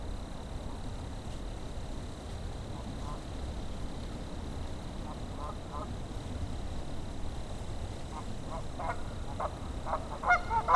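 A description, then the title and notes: At Sleeping Bear Dunes, a steady low rumble like wind runs the whole way through. Short honking calls, goose-like, break in now and then from about five seconds on, clustering more thickly near the end, where a louder burst closes it. Sounds of Sleeping Bear Dunes: Tranquility Interrupted on Otter Creek. Location: Sleeping Bear Dunes National Lake Shore. Recording Device: Zoom F3. Microphone(s): Audio Technica BP 4025.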